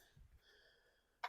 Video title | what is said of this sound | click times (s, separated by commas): Marlin Buffer Replacement Debacle | want to make sure the magazine clicks into place right yeah that's right okay | 1.2 s